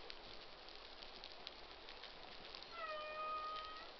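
Humpback whale social sound: a single tonal call with bright harmonics, entering after a noisy, crackling stretch.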